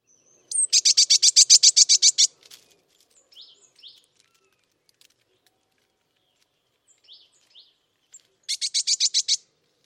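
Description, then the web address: Bird calling in a fast burst of about a dozen high, sharp repeated notes, a few soft scattered chips, then a second shorter burst near the end. "Bird Only"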